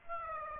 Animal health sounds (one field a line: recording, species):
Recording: mosquito wingbeat signal from an infrared sensor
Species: Aedes aegypti